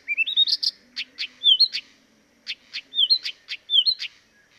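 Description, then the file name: Blyth's reed warbler song with rising whistled slurs alternating with sharp clicking notes. Dviete. "dviete acrocephalus dumetorum"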